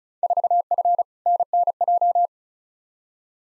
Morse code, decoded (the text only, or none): 4F NNJ